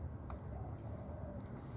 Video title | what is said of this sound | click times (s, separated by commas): CLEANING MASS AIRFLOW SENSOR | so you can you should hear a click | 0.3 s